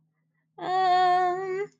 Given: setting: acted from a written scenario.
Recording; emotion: vocal sound without words; embarrassment